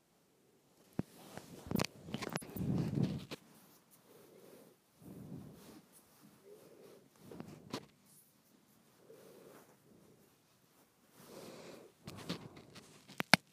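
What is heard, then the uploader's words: Handling noise from a microphone being twisted, heard as rough rubbing and scraping in uneven bursts. The loudest stretch comes early, around two to three seconds, with low rumbling, then softer scuffs recur every second or two. Sharp clicks and knocks punctuate the start and end. ASMR Twisting my Microphone.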